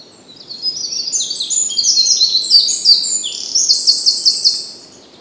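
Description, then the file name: Eurasian wren song, an energetic string of piercing high trills and rapid chattering notes delivered for about four seconds, ending in a dry rattle, over low background noise. "Troglodytes troglodytes"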